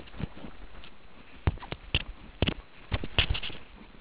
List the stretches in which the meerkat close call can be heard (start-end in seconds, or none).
none